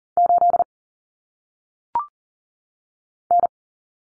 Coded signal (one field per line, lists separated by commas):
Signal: Morse code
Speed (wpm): 40 wpm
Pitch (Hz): 700 Hz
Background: none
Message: 8 N